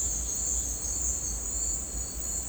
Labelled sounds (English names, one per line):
none